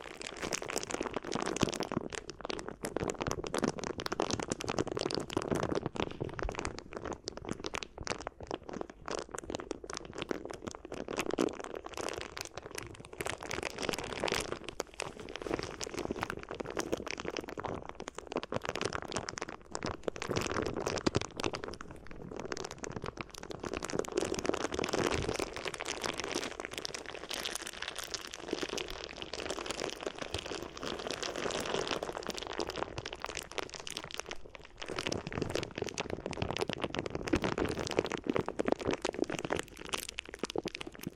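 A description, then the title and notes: Crinkly ear massage: a continuous rustle of crinkling, crunching material, dense and busy throughout. Quick sharp crackles overlap constantly, with fuller rubbing and a low thumping underneath, and brief pauses around 20 and 35 seconds before the crinkling resumes. ASMR Addictive Crinkly Ear Massage (No Talking).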